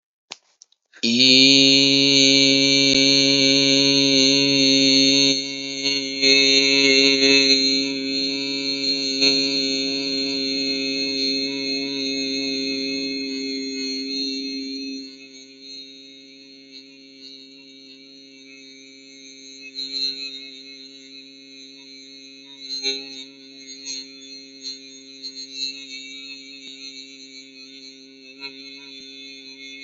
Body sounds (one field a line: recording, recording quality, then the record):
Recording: sustained vowel as in beet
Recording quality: excellent, no background noise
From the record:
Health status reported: healthy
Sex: male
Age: 23 years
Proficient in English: yes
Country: India